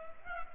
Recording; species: mosquito wingbeat signal from an infrared sensor; Culex pipiens